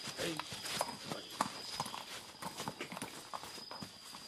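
Horse hooves clip-clop in a quick, uneven rhythm of sharp knocks, with a steady high whine running underneath and brief bits of background noise.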